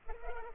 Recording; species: mosquito wingbeat signal from an infrared sensor; Culex pipiens